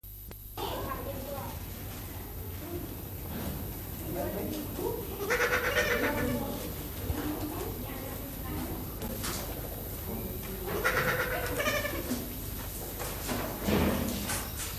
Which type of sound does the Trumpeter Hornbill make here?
call